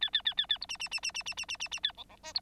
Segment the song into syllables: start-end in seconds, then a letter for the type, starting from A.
0.01-0.10 A, 0.13-0.22 A, 0.25-0.34 A, 0.37-0.46 A, 0.49-0.58 A, 0.61-0.66 B, 0.69-0.77 C, 0.79-0.89 C, 0.91-1.00 C, 1.02-1.12 C, 1.14-1.23 C, 1.25-1.34 C, 1.37-1.46 C, 1.48-1.57 C, 1.60-1.68 C, 1.71-1.80 C, 1.83-1.92 A, 1.97-2.04 D, 2.09-2.17 D, 2.23-2.33 E, 2.35-2.40 B